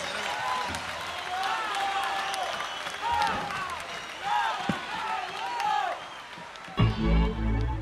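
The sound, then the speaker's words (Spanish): An audience applauds in a dense, steady wash of clapping, with cheering and shouting voices rising over it, until it cuts off abruptly just before the end. “Un aplauso para el oso.”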